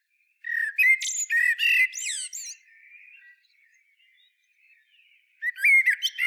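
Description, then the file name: Common blackbird singing: a full fluted, warbling phrase with squeaky high flourishes, quiet soft notes during a pause, then a new phrase bursting in. "Turdus merula"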